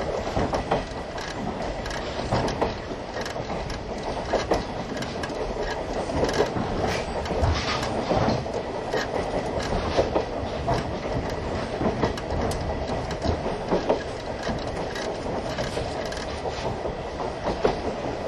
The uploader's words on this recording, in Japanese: 大鐵E10形+旧型客車 大井川本線普通。大井川鉄道オリジナルの機関車がE10形で、その機関車次位の客車はモーター音がよく聞こえます。往年の普通＂客車列車＂の列車走行音。